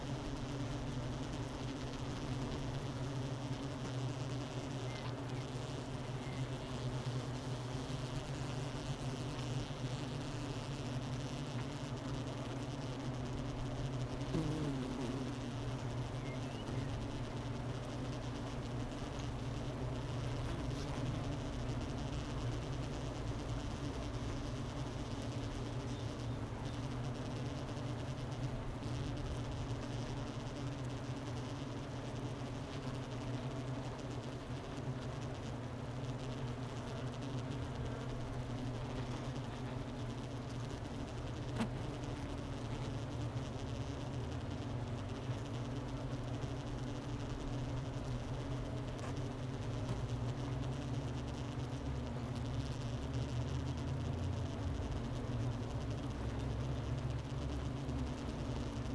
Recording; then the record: honeybee colony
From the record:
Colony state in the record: missing queen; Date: 31 May 2018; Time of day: 11:50